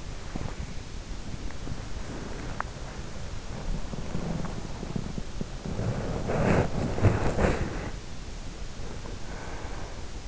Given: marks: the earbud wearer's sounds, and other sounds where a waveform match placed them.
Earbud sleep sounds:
sounds in sleep by an in-ear microphone; body movement, breath
0.00-9.65 s: body movement
9.18-10.28 s: breath

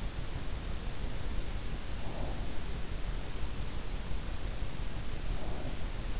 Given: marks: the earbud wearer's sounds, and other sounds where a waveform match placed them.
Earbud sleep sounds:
sounds in sleep by an in-ear microphone; breath
1.87-2.71 s: breath
5.49-6.08 s: breath

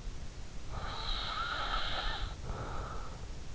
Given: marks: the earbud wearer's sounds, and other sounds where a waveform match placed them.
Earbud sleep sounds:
sounds in sleep by an in-ear microphone; breath
0.40-3.43 s: breath

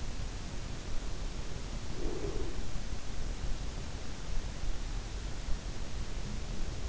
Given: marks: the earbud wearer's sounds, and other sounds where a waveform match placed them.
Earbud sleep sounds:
sounds in sleep by an in-ear microphone; breath
1.78-2.62 s: breath

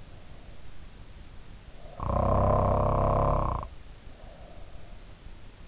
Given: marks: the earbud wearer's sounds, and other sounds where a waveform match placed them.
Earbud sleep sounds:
sounds in sleep by an in-ear microphone; snoring breath
1.82-4.68 s: snoring breath

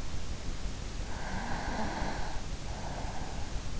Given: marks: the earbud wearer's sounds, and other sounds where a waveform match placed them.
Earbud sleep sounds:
sounds in sleep by an in-ear microphone; breath
0.61-3.58 s: breath

